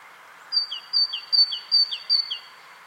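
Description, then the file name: Great tit singing five quick two-note units, each a bright high whistle followed by a lower slurred note, in a steady rhythm. "Parus major"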